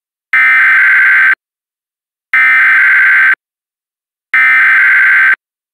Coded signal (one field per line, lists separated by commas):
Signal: Emergency Alert System (SAME) tones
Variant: header bursts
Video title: EAS Reenactment Mock: Tornado producing storm over Oak Brook, IL - 04/30/2022